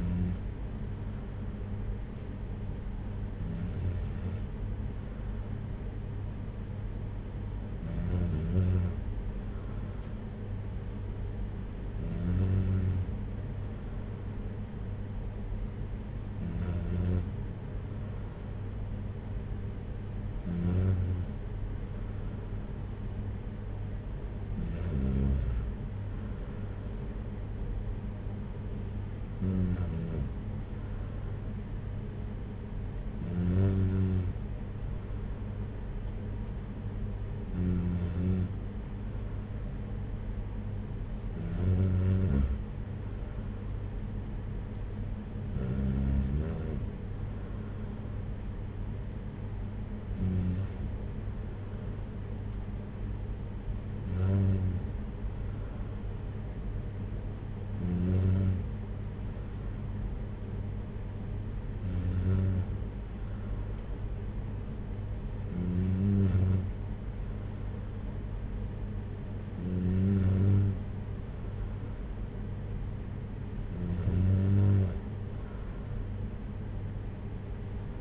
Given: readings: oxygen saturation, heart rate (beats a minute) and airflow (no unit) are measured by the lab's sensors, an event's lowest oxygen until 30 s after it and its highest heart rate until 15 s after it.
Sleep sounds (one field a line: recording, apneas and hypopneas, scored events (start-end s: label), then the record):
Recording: breathing in sleep by a smartphone at the bedside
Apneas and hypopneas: none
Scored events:
25.00-78.01 s: new sleep stage, N3 (deep sleep)
From the record:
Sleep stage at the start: N2 (light sleep)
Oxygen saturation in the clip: 94%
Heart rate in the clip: 55 to 61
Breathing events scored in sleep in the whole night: 226 in 8.8 hours asleep